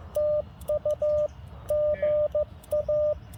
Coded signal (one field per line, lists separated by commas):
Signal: Morse code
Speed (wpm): 15 wpm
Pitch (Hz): 600 Hz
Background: radio noise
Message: TU GA